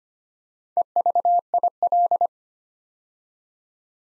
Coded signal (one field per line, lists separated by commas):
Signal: Morse code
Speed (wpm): 25 wpm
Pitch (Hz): 700 Hz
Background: none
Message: EVIL